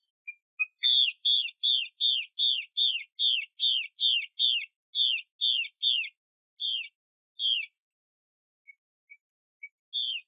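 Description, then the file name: Chinese hwamei calling with a run of sharp, downslurred whistled notes, about two and a half per second, then a pause and a few scattered notes. Female bird. "Tieng chim hoa mi mai xuy"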